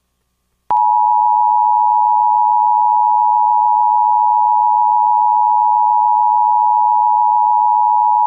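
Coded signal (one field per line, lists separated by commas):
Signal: Emergency Alert System (SAME) tones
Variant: 853 and 960 Hz attention tone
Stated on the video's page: Mock tornado warning with valid EAS tones, made on request, not a real broadcast.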